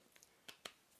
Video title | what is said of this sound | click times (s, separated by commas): HyperX Cloud Alpha Gaming Headset | there snaps in place the | 0.5 s, 0.7 s